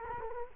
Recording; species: mosquito wingbeat signal from an infrared sensor; Culex quinquefasciatus